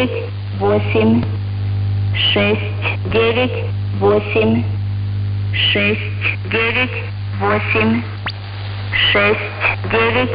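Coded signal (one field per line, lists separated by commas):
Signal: numbers station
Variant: S06s Russian Lady, Russian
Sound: female voice reading short words at a steady pace over a constant low hum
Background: radio hum and static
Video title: 03 02 2022 Number station S06s Russian Lady in Russian to Eu 0940 on 9540 unknown tx site in CUSB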